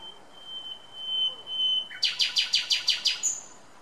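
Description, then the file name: Common nightingale song: a sustained whistled note, then a loud rhythmic series of about seven repeated chopping notes and a short high whistle. "Luscinia megarhynchos"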